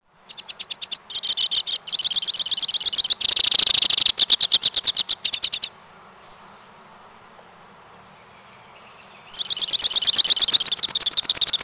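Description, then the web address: White-winged crossbill giving long, fast runs of dry, buzzy high notes that form rattling trills, then a pause before another run. "Peterson North American Birds"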